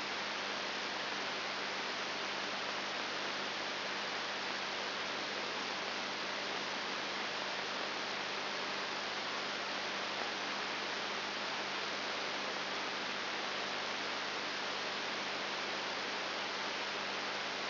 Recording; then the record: brain microelectrode recording played as sound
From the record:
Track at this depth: inside the subthalamic nucleus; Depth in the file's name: 3.301 mm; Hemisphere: left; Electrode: 3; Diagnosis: Parkinson's disease